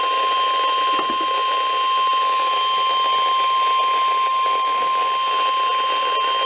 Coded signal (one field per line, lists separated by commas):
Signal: Emergency Alert System (SAME) tones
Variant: 1050 Hz attention tone